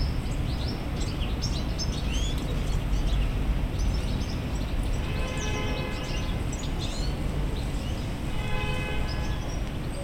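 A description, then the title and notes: Birds chirp constantly over a steady low traffic rumble, with a tonal ringing sound appearing around five and again near eight seconds. Priory Place to Pool Meadow: Tweeting birds and busy bus stops. The recordings were captured using a binaural microphone between January and April 2022.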